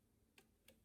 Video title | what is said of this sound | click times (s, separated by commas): Best £700 Gaming PC Build - RX 5700 Ryzen 5 2600X (w/ Gameplay) | like so, and you should hear a click once it's installed. | 0.4 s